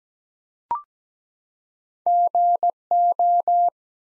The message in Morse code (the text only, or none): GO